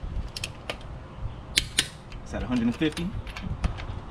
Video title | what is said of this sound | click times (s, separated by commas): F150 at home Tire Rotation | here we go wait for the click it's | 1.6 s